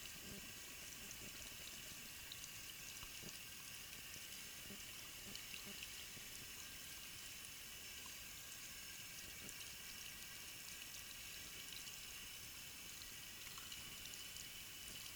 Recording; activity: daily activity, guitar pickup as the sensor; wash hands